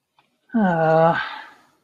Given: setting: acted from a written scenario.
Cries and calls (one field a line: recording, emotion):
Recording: vocal sound without words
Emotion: guilt